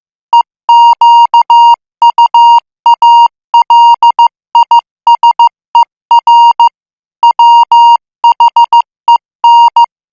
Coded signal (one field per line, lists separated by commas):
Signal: Morse code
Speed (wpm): 15 wpm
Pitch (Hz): 940 Hz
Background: music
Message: EQUALISER WHEN